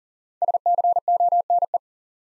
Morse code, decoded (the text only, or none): SCONE